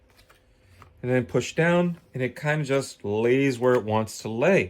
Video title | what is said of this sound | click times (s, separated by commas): How to upgrade a laptop computer as good as a new one. ASUS Ram DDR4, keyboard, fan, wifi, battery. | peripheral connections it'll slide in you hear it pop slides in | 0.8 s